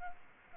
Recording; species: mosquito wingbeat signal from an infrared sensor; Aedes albopictus